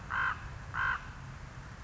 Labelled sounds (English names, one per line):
Common Raven